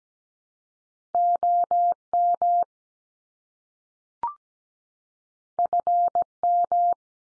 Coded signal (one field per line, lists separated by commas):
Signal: Morse code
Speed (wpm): 17 wpm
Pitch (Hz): 700 Hz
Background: none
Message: OM FM